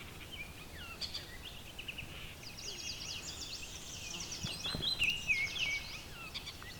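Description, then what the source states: Baltimore Oriole song: clear, rich whistled notes around the fifth second over soft chattering trills and other bird calls, with steady background hiss. Two birds, at Beverly Swamp, June 20, 2020.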